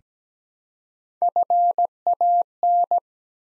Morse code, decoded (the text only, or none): FAN